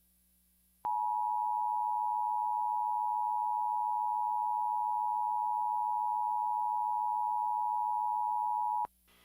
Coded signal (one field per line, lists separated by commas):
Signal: Emergency Alert System (SAME) tones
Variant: 853 and 960 Hz attention tone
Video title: Weatherscan - EAS - 12/23/2015 7:25pm